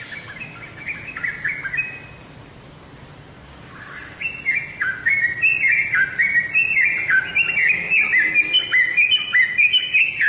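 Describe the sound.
Bird twittering briefly, then about two seconds of quiet, followed by a long run of fast, squeaky chirps.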